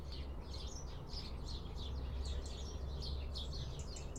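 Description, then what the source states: House sparrows chirping: a steady run of many short, bright chirps over a low, constant rumble of background noise. Heard in a garden.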